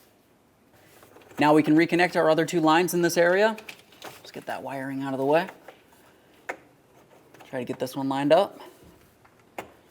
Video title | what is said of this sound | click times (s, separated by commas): How to Replace Fuel Pump Module Assembly 2000-2006 Chevrolet Tahoe | Slide it on there. Listen for a click, give it a tug to make sure it's secured on. | 9.6 s